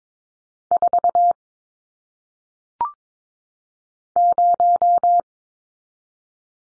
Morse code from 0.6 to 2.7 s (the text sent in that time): 4